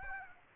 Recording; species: mosquito wingbeat signal from an infrared sensor; Aedes aegypti